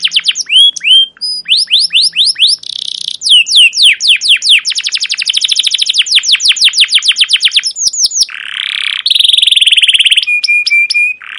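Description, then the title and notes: Canary song, continuous and loud, with repeated descending chirps, long rapid trills, a buzzy rattle and short steady notes near the end. Long chattering 'cuit cuit ngerol' canary song used as a lure or master recording to train young canaries to sing. "CUIT CUIT NGEROL LANGSUNG GACOR PANJANG Kenari Ini AMPUH Utk Pancingan KENAR. PANCINGAN Kenari GACOR PANJANG Cuit CUIT EMOSI ini AMPUH utk MASTERAN Kenari PAUD belajar BUNYI. burung kenari"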